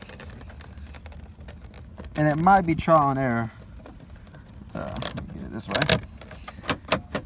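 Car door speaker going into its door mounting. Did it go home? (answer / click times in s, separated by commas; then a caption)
yes / 6.7 s, 6.9 s. Someone talks while a front door speaker for a 2006 Chevy Silverado, installed without buying brackets, is lined up with a groove in its door mounting and pushed in. Two sharp clicks at 6.7 and 6.9 seconds show the speaker has seated in the door, the click being how it is known to be in.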